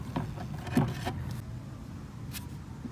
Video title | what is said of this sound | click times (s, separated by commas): 1979 Little Tikes Coupe Car Revamp | the steering wheels in it clips in that | 0.2 s